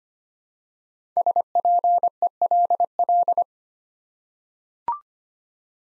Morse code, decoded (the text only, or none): SPELL